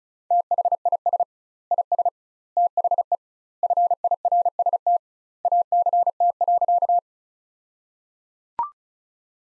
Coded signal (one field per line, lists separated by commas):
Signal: Morse code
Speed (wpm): 34 wpm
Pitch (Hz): 700 Hz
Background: none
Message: THIS IS THE FIRST ACT.